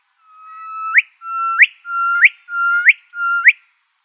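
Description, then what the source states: Gilbert's Whistler calling 'erdwit' five times, each note a level, swelling whistle that snaps upward at the end, repeated roughly every two-thirds of a second. Erdwit call recorded at Nombini Nature Reserve, New South Wales, Australia, on Wiradjuri country.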